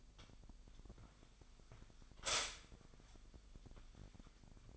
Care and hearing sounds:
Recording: daily activity, microphone in the room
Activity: stop toaster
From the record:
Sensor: 5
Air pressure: 1002.0 hPa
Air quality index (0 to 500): 204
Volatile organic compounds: 18 ppm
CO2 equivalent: 2638 ppm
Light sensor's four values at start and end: 34/109/42/44 and 34/109/42/44

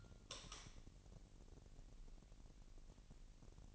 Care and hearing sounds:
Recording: daily activity, microphone in the room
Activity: light on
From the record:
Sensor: 4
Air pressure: 1002.7 hPa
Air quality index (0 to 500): 249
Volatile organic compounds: 12 ppm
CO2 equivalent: 2378 ppm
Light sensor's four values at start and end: 6/14/6/6 and 7/16/6/7

